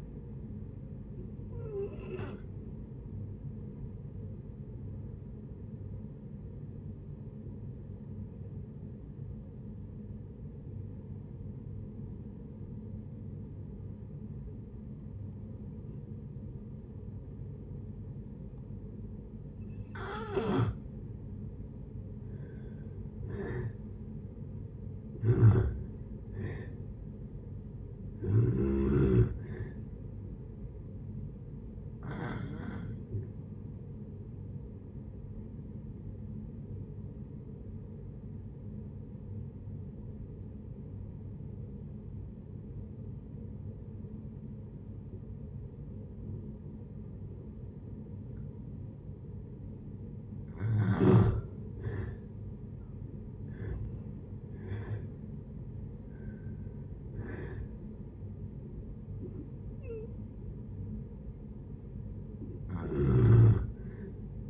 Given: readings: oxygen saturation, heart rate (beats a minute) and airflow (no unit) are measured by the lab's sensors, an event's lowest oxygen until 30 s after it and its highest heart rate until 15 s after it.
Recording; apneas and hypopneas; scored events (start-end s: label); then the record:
breathing in sleep by a smartphone at the bedside; 2
5.00-22.10 s: hypopnea (N1, oxygen 95% highest, then 86% lowest)
27.00-57.00 s: new sleep stage, N3 (deep sleep)
33.00-50.10 s: hypopnea (N3, oxygen 96% highest, then 83% lowest)
57.00-64.50 s: new sleep stage, N1 (lightest sleep)
From the record:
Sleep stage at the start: N1 (lightest sleep); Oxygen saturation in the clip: 80 to 96%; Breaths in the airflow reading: 11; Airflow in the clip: -9.6 to 13.8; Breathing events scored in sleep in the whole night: 496 in 5.4 hours asleep